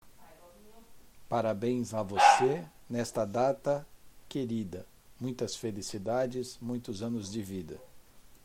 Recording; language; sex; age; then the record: short text; Brazilian Portuguese; male; 50 to 59 years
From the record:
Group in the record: control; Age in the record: 53 years